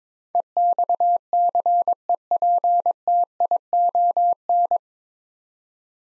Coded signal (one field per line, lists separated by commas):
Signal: Morse code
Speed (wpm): 21 wpm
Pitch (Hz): 700 Hz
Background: none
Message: EXCEPTION